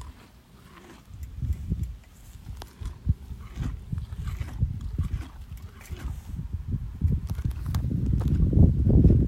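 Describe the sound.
Donkey eating, with irregular low crunching and chewing bursts that build louder toward the end.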